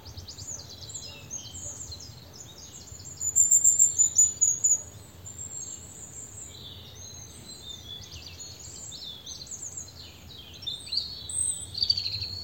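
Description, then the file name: European robin singing high, thin warbling phrases of quick notes and slurred whistles, loudest in an early burst. "Erithacus rubecula"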